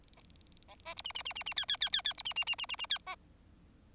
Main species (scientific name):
Lonchura striata domestica